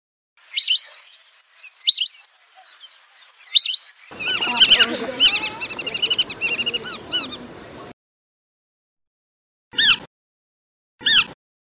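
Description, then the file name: Lesser whistling duck calls: three short whistles, then a busy chorus of overlapping whistled notes for several seconds, and two more single whistles after a silent gap. "burung belibis polos. omkicau"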